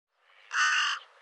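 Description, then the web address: Bird giving a single harsh, raspy call lasting about half a second, with no other sounds. "cianscape birddata Deverinetal 2025"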